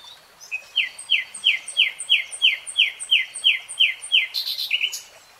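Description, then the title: Nightingale song: a steady series of about a dozen sharp, downslurred notes repeated evenly, ending in a brief buzzy flourish. "[Tiếng chim hót] Nightingale Singing"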